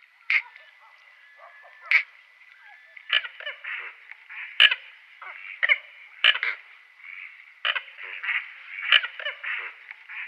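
Red-knobbed coot calls: sharp, abrupt notes about every second over a steady mid-pitched chatter.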